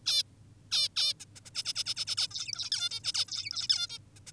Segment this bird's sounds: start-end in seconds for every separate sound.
0.06-0.23, 0.72-0.89, 0.96-1.14, 1.20-1.25, 1.36-1.40, 1.46-1.50, 1.55-1.63, 1.65-1.73, 1.76-1.84, 1.86-1.94, 1.97-2.05, 2.07-2.16, 2.17-2.28, 2.31-2.70, 2.72-2.90, 2.91-3.00, 3.04-3.13, 3.14-3.25, 3.28-3.68, 3.70-3.87, 3.90-3.99, 4.16-4.20, 4.27-4.32